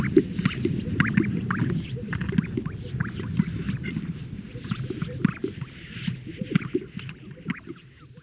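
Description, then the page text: Greater sage-grouse at display: a rumbling mass of low pops and gurgles, with scattered higher swishes. The chorus thins toward the end. Males performing at a lek, inflating a large sac and releasing the air. "Greater Sage Grouse Lek Sound Effect. Funny Sound Effects. Greater Sage Grouse males performing at a lek, where they inflate a large sac and release the air"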